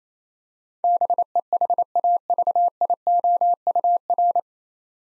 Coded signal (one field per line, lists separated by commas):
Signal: Morse code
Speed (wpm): 28 wpm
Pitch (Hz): 700 Hz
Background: none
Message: BEHAVIOUR